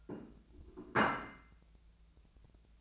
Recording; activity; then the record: daily activity, microphone in the room; place plate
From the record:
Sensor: 2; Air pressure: 1000.0 hPa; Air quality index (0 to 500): 133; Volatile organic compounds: 2 ppm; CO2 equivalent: 1132 ppm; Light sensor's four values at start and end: 26/65/28/30 and 26/65/27/30